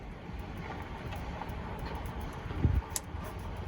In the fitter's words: there was a little click